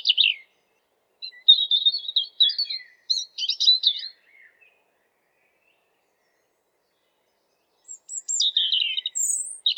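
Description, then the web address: European robin song: thin, high warbling phrases of trills and twittering notes, separated by pauses of silence, with a final burst reaching very high notes. "geluiden roodborst zang"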